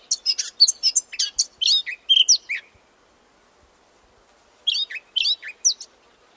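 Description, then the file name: Eurasian blackcap giving a lively phrase of varied whistled and chirpy notes, silence for two seconds, then a few more slurred high notes. "Sylvia atricapilla"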